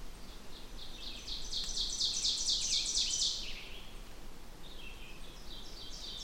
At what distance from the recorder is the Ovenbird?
about 45 m